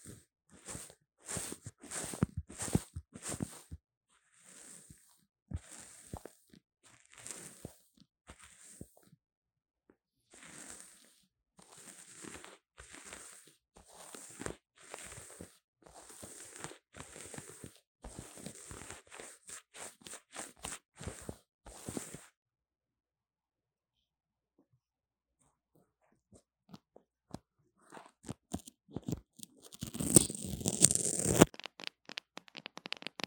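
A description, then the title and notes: Lo-fi microphone scratching and tapping, dry: rapid bursts of crunchy scrapes and taps fill the first 22 seconds in irregular clusters. A near-silent stretch follows with a few faint ticks, then a dense, louder scratching burst around the 30-second mark. Lofi Mic Scratching & Tapping | No Talking.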